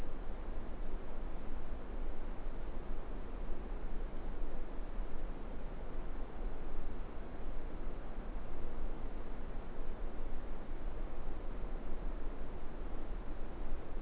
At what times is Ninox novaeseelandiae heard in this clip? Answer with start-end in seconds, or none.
none